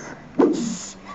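Raven giving a single harsh, low croak that drops slightly in pitch and lasts about half a second.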